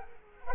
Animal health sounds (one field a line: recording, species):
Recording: mosquito wingbeat signal from an infrared sensor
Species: Culex quinquefasciatus